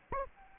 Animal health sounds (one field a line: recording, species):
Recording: mosquito wingbeat signal from an infrared sensor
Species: Anopheles arabiensis